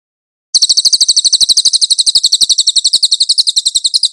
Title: MASTER SANGAT BAGUS SUARA BURUNG CILILIN, AUDIO JERNIH